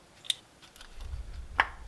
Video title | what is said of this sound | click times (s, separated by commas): How to replace a BMW Z4 valve cover gasket : The Right and Easy Way | there we go and you can feel when it's seated it will make a nice click | 0.3 s, 1.6 s